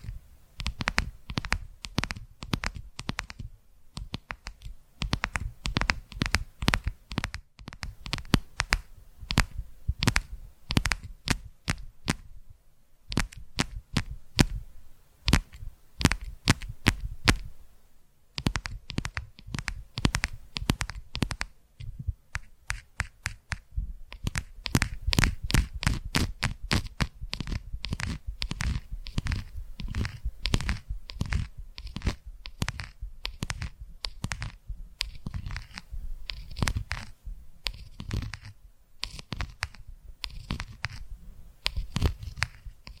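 Tapping triggers play as rapid, crisp clicks and knocks in dense bursts, sometimes rattling quickly and sometimes slowing to single taps. Short pauses break the flow near 4, 13, 18 and 22 seconds, and a faint scratchy, papery rustle runs beneath.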